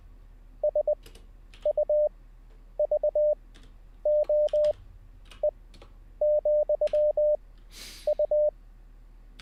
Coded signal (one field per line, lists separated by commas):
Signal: Morse code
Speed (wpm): 20 wpm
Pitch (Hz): 600 Hz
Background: none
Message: SUVOE,U